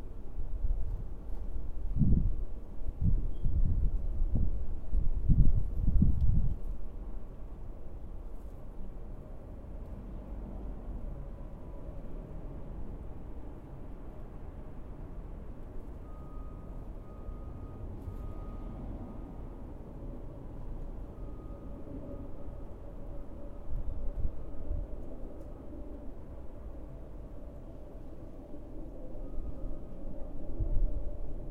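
A backyard with a steady low rumble of traffic under everything. In the first seven seconds, a few heavier low thumps and knocks stand out. A faint repeated beeping tone drifts in around sixteen to twenty-five seconds, and light wind adds a soft hiss.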